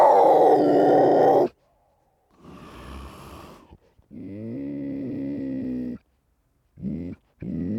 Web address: puma